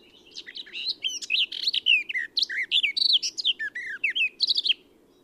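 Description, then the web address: Eurasian blackcap warbling song, a fast, varied run of twisting, chirpy whistled notes lasting nearly five seconds over a faint steady low hum. "SETE Sylvia atricapilla"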